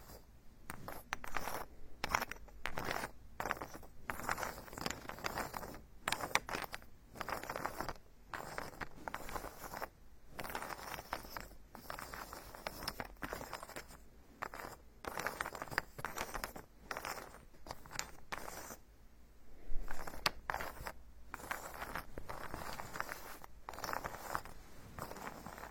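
Ear massage with tree ear picking: a continuous run of soft scratching and brushing strokes, dense and fairly quick, broken by frequent short pauses. The rubbing is crisp and bright, with a louder scrape near twenty seconds and a faint low hum underneath.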